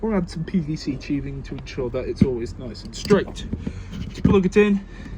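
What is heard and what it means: Someone talks throughout as the fresh-water pump hose connector is about to be pushed into the water inlet socket of a Bailey Pursuit 570 caravan, with faint low background noise underneath. The connector has not snapped in yet, and nothing has seated or clicked by the end of the clip.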